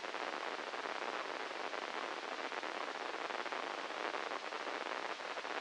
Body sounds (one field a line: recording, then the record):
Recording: brain microelectrode recording played as sound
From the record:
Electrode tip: inside the subthalamic nucleus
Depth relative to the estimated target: -5 mm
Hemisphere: left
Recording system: NeuroSet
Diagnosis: Parkinson's disease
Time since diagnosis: 10 years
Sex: male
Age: 56 years